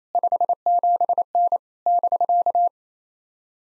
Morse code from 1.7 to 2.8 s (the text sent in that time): <BK>